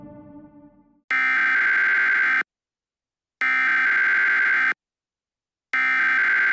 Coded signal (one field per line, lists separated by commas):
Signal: Emergency Alert System (SAME) tones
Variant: header bursts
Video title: EAS Scenario: Ghost Trains Part 3